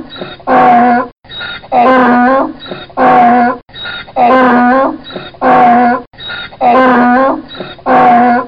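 Donkey braying: loud rasping hee-haw, harsh drawn-in notes alternating with longer tonal blasts, repeated steadily throughout.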